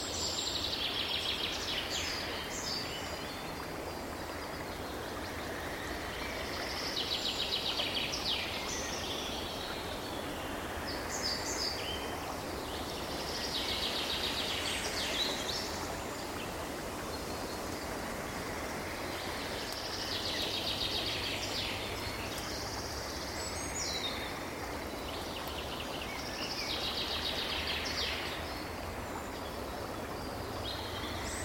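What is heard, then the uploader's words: Tropical birds sing and chirp in a forest, their bright, busy phrases recurring every few seconds over a steady, dense hiss of rustling leaves. A low rumble runs underneath throughout. Tropical Birds Singing & Chirping In A Dreamy Forest. The trees are alive with the gentle rustling of leaves and gracious feathered musicians.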